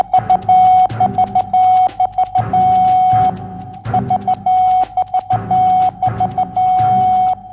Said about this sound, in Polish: i panu Sebastianowi Ordzie-Sztarkowi za odtworzenie w alfabecie Morsa sygnału wywoławczego AXL.